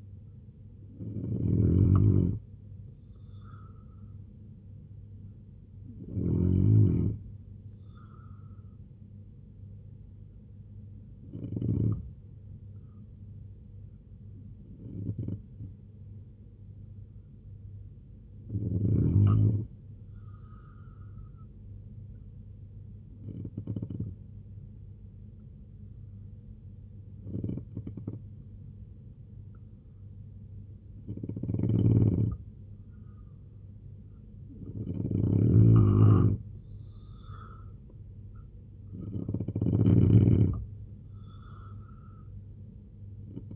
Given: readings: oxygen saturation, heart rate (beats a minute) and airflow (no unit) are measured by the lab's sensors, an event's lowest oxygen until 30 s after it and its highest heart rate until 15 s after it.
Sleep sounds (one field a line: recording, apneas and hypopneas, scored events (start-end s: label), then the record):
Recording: breathing in sleep by a smartphone at the bedside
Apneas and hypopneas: 1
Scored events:
12.00-38.80 s: hypopnea (N2, oxygen 92% highest, then 85% lowest, heart rate 68 at the start, 78 highest)
From the record:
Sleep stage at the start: N2 (light sleep)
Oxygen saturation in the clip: 84 to 92%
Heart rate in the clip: 65 to 78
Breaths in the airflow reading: 7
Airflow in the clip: -3.4 to 7.2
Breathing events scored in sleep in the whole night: 258 in 7.4 hours asleep